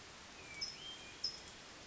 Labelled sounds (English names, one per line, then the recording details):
California Towhee
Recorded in Sonoma County, California